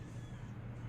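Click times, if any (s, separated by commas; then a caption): none. A plastic guard is being fitted onto a DJI Neo drone. A steady low hum runs under faint handling noise with no distinct transient. Nothing has seated or clicked yet.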